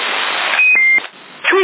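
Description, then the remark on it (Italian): A CB microphone's bird-chirp roger beep, set off by a small button in place of a second push-button on a black microphone identical to a Proxel: brief high electronic whistles, then a second chirpy burst, heard over a steady hiss of radio static with no talking. “Sto usando un microfono del 6 nero, ho già, è uguale a Proxel, è preciso identico, fuori, e anche dietro, l'unica cosa che a posto di avere il secondo pulsante c'è un pulsantino che fa 5 tiro dell'uccellino.”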